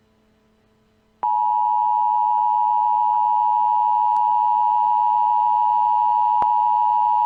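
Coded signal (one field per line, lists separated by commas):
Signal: Emergency Alert System (SAME) tones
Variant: 853 and 960 Hz attention tone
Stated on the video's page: Fictional EAS scenario alert tones.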